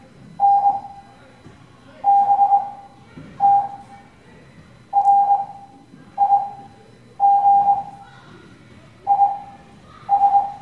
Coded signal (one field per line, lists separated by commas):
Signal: Morse code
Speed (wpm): 21 wpm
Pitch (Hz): 800 Hz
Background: none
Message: N B T R I G I S